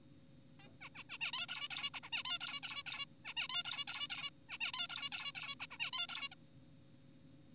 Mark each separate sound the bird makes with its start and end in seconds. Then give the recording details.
0.60-0.68, 0.81-0.89, 0.95-1.04, 1.10-1.18, 1.21-1.32, 1.33-1.47, 1.49-1.68, 1.71-1.90, 1.94-2.00, 2.03-2.10, 2.13-2.23, 2.25-2.39, 2.41-2.60, 2.63-2.83, 2.86-3.05, 3.25-3.34, 3.37-3.48, 3.50-3.63, 3.65-3.85, 3.88-4.08, 4.10-4.30, 4.49-4.58, 4.61-4.72, 4.74-4.88, 4.90-5.10, 5.12-5.32, 5.35-5.55, 5.60-5.67, 5.71-5.78, 5.80-5.91, 5.93-6.07, 6.09-6.28, 6.32-6.35. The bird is an adult. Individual g4p5U